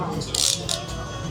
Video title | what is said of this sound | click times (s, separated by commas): our first turkish food experience 🇹🇷 - exploring Istanbul's flavors vlog | is pretty cool because it locks in place like this | 0.3 s, 0.4 s, 0.5 s, 0.7 s